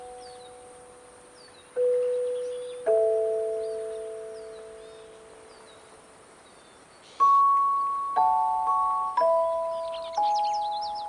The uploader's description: Patagonia Lake State Park in SE Arizona